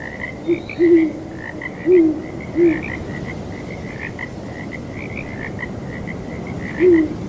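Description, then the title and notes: Chorus of frogs giving rapid pulsed croaks, while an owl hoots several times in short notes, over a soft windy background. Frogs with owls hooting on a breezy night. "Owls Hooting and Frogs on Breezy Night. Sleep and Relaxation Podcast"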